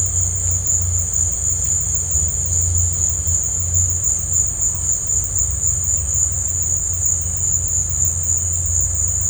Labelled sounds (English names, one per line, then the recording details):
none
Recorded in dense forest near Puerto Asís, Putumayo, Colombia, on 20 December 2024 at 15:30
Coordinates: 0.468, -76.322
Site G071